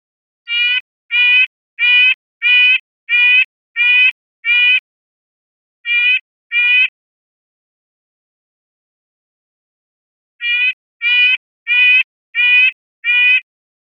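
Red-breasted nuthatch giving nasal, tooting yank notes at a steady pace: a run of seven, a pair after a pause, then five more after a longer silence.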